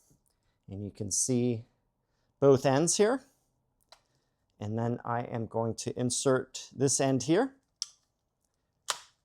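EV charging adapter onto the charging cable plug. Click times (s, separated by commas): 7.8 s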